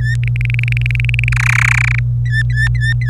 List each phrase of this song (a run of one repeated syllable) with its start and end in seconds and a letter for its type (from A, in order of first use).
0.01-0.14 A, 0.23-1.29 B, 1.32-1.99 C, 2.26-3.10 A